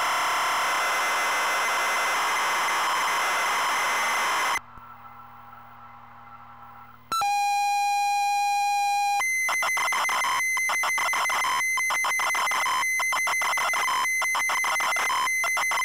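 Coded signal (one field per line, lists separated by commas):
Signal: ZX Spectrum tape loading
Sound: hiss, brief quiet, two-second steady buzzing lead tone, then harsh rapid screeching data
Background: tape hiss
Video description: Double Dragon - Zx Spectrum +2 (Full Cassette Tape Loading & Gameplay) / To skip the loading and go to the main game 11:30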